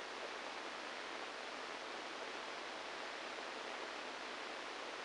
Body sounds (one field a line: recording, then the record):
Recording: brain microelectrode recording played as sound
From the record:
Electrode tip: inside the subthalamic nucleus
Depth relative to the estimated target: -2 mm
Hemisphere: right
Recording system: NeuroSet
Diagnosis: Parkinson's disease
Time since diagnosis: 7 years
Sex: male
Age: 69 years